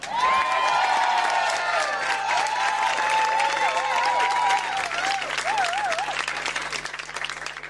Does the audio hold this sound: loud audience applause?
yes